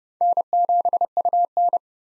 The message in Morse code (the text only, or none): N7UN